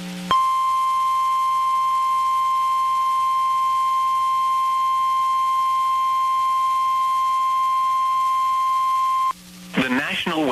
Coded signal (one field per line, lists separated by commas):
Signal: Emergency Alert System (SAME) tones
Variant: 1050 Hz attention tone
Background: speech